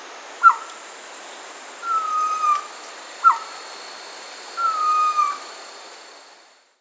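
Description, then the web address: Pavonine quetzal song: a brief sharp note followed by a drawn-out slightly falling whistle, the pair given twice at a slow, unhurried pace, steady hiss behind. South America. "Natures Songs S America Pavonine Quetzal"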